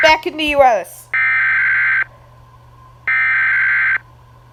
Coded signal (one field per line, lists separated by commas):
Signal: Emergency Alert System (SAME) tones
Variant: header bursts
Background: speech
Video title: My reaction for Edward’s Vlog and Reacting Channel EAS Scenario rattled (read description)